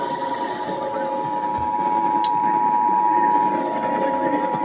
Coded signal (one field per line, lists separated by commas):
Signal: Emergency Alert System (SAME) tones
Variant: 853 and 960 Hz attention tone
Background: speech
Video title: DXing Alerts | EAS #2698-2705